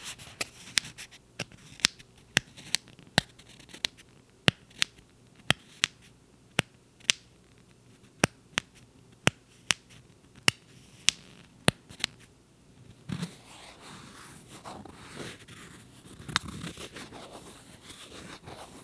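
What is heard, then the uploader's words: A business card being flicked and handled. For the first twelve seconds, crisp snapping clicks come at a fairly steady pace, roughly two per second. After that the clicks stop and give way to softer scraping and rustling as the card is rubbed and shuffled. ASMR Playing with a Business Card.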